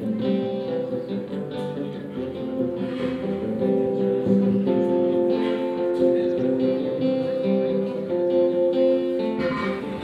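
A local busker plays in a town square, a sustained reedy instrument, perhaps an accordion, holding steady chords and a moving melody in the middle range for the full ten seconds. Faint voices and brief clinks of plaza activity surface behind the music.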